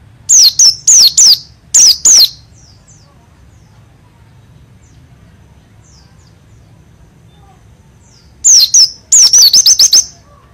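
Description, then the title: White-eye song: short clusters of high, sharp, sliding whistles early on, then a long pause before a quick rolling trill near the end. Songbird being readied for singing contests; dakun type from East Java; described as singing a lot, with rolling song and wild-sounding voice; a prospective champion. "burung pleci dakun jatim joss edan ngalas ngerol gacor calon juara(cikarang)"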